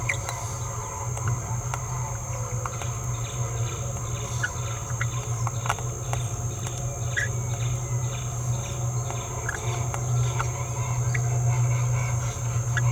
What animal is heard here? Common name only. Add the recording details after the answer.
Green-rumped Parrotlet. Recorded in a nest box in Venezuela. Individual 18B17A3